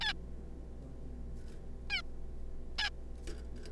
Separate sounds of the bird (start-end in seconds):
0.01-0.13, 1.90-2.01, 2.79-2.89